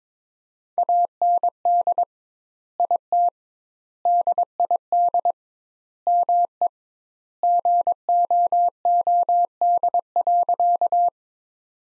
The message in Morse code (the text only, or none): AND IT DID ME GOOD.